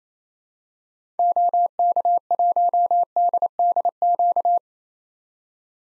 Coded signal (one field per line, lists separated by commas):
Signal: Morse code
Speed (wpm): 27 wpm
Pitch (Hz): 700 Hz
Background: none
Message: OK1DDQ